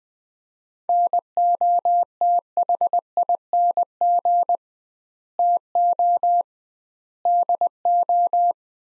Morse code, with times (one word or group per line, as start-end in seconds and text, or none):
0.9-4.6 NOTHING
5.4-6.4 TO
7.3-8.5 DO